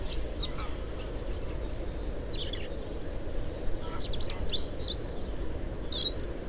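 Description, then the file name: European robin: thin, high-pitched notes and short sweeping chirps scattered throughout, over a steady low rumble of background noise. "Erithacus rubecula"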